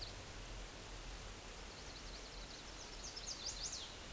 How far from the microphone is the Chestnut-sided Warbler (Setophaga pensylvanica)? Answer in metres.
about 25 m